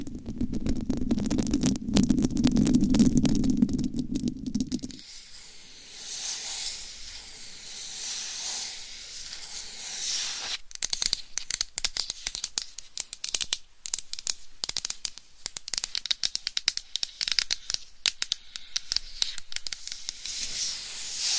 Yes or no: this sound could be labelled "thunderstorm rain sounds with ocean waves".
no